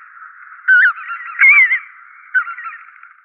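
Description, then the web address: Lesser white-fronted goose uttering three separate high, squeaky yelps, the first two loudest. "Schulze Peter Lesser White-fronted Goose"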